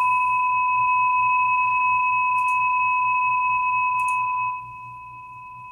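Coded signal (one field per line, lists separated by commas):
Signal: PSK31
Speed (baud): 31.25 baud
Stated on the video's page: FSQ, a low-rate amateur digital mode similar to PSK31, from a home-built beacon using a cheap clock generator and Arduino.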